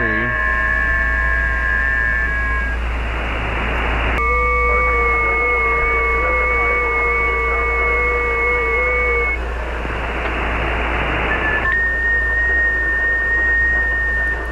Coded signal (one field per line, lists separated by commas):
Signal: FT8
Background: speech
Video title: digital ham radio